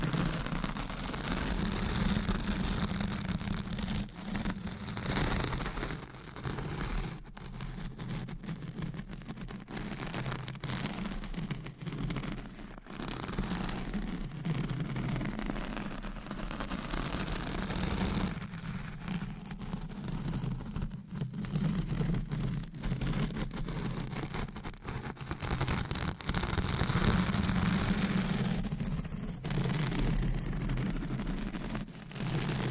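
Scratching and rubbing go on almost without pause, a dense, rough texture that fills the whole range from low rumble to bright hiss. A steady low hum runs underneath, and brief dropouts break the sound every second or two.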